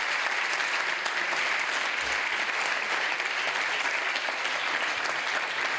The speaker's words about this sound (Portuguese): Bueno, pois un aplauso moi forte para él.